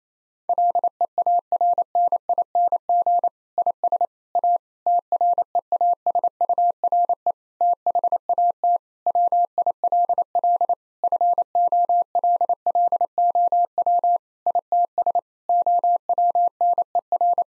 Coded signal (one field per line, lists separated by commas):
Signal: Morse code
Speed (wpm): 28 wpm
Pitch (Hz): 700 Hz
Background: none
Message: LEARNING IS A TREASURE THAT WILL FOLLOW ITS OWNER